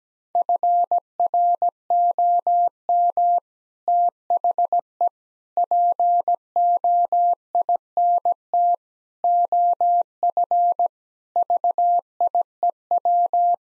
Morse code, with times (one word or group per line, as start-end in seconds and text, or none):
0.4-3.4 FROM
3.9-5.1 THE
5.6-8.7 POINT
9.2-10.9 OF
11.4-13.5 VIEW